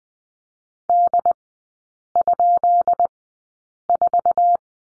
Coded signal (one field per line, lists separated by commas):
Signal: Morse code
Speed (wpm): 20 wpm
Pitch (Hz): 700 Hz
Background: none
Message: D?4